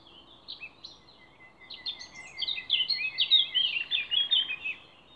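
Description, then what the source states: Songbird song: a few thin high notes give way to a dense, rapid twittering warble in the second half, over a steady low background rumble. Songbird songs recorded 29 April 2020 in scrubland at Ježdovec, by the lake at Rakitje, and in Stupnik forest.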